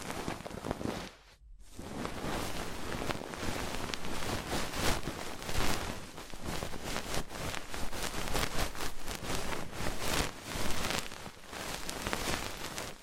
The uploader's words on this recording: ASMR Fast & Intense Ear Cleaning 3Dio (No Talking).